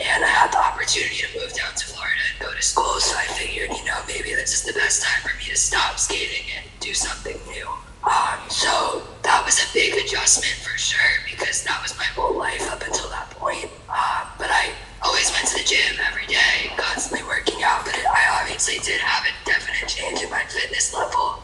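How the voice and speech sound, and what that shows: Fluent, well-paced speech from an adult woman in a near-whisper: the voice is breathy and airy, with little true voicing and a rough, strained edge. This is severe dysphonia from scar tissue surrounding the vocal cords that keeps them from vibrating, left by many laser surgeries for a rare, chronic, incurable respiratory disease.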